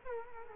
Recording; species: mosquito wingbeat signal from an infrared sensor; Culex quinquefasciatus